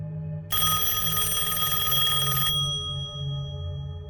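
A telephone rings at night in one loud, bright, shrill burst lasting about two seconds, then cuts off, leaving a faint ringing tone fading over a low, steady hum.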